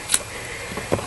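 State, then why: Seated. On a 2010 Mercedes ML 350, after the new HVAC blower motor is bolted in, the second wiring connector is pushed by hand into its mating socket on the blower motor. It snaps in with a sharp click at 0.1 s, and it fits only one way. A few softer clicks and handling noises follow, and the connector is seated.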